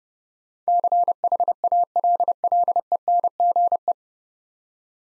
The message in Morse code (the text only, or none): CHALLENGE